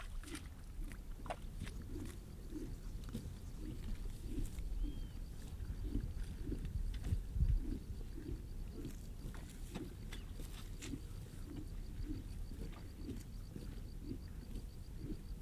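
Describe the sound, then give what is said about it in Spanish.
Hooves clip-clop in a steady, repeating rhythm, sharp knocks sounding every half second or so over a continuous low rumble, with no voices. “Pero, ¿y los caballos cuando los tenés que llevar?”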